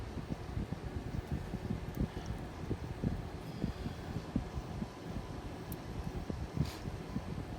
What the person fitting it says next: There, that pops right in there.